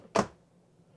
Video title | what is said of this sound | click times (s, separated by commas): Plastic Storage Organizer Crate With Doors All Sides | these all have magnets on them so they just snap right in | 0.2 s